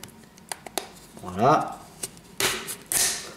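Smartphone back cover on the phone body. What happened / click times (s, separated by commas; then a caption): The plastic cover clips popped open one after another / 0.0 s, 0.4 s, 0.5 s, 0.7 s, 0.8 s. A person pries the clip-on plastic back cover off a Zopo ZP998 5.5-inch smartphone, and sharp clicks sound at 0.0, 0.4, 0.5, 0.7 and 0.8 s as the clips release one after another from the phone body. Someone talks around 1.5 s, followed by louder broadband handling bursts near 2.4 and 2.9 s. The back cover comes free, released.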